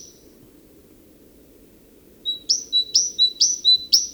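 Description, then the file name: Great tit song beginning after a brief quiet stretch: a quick series of sharp high notes each followed by a lower whistle, repeated rhythmically. "Parus major"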